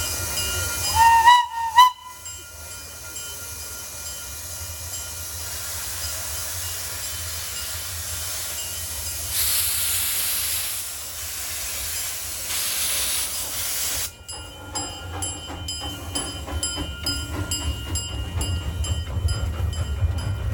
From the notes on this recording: An afternoon at the McCormick-Stillman Railroad Park in Scottsdale, Arizona.